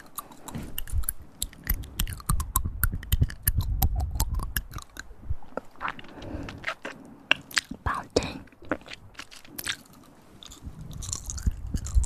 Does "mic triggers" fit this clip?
yes